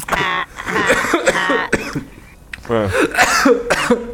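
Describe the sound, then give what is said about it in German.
A person coughs and chokes, letting out a run of harsh, strained, gagging bursts with raspy gasps between them, pausing briefly midway before sputtering again. “Curiosity kann auch super den Heimlichgriff. Hilfe! Im Weltall hört keiner husten.”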